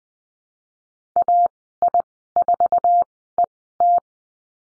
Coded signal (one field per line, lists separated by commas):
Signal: Morse code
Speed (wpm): 20 wpm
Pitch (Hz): 700 Hz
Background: none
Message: AI4ET